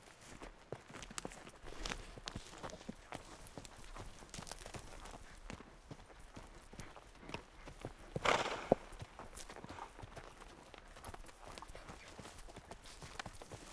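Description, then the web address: Horse hoofbeats, soft muffled strikes in a loose rhythm, with a brief rushing burst of noise partway through. Horse being ridden. "Horse Riding - Epidemic Sound SFX Animals"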